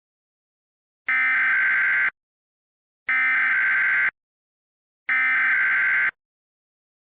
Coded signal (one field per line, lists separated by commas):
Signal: Emergency Alert System (SAME) tones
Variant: header bursts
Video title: EAS Recreation: 2 state tornado.